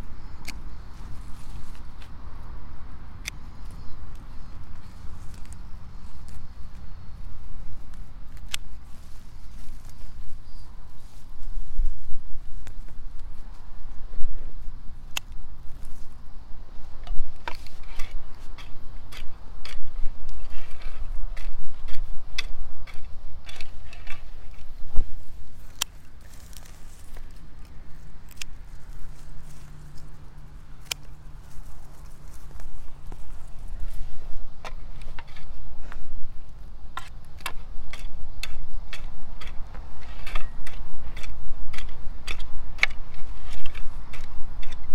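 Weeding in a carrot patch on a late-summer morning: a steady low rumble runs underneath while sharp clicks and snips come in bursts, dense around 17–30 seconds and again after 35 seconds. Scattered rustling and scraping fill the gaps, and a brief low hum appears near 30 seconds.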